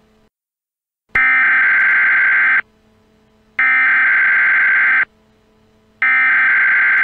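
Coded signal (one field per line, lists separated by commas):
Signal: Emergency Alert System (SAME) tones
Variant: header bursts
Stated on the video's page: Entirely fictional EAS scenario of an extraterrestrial invasion, using valid EAS tones.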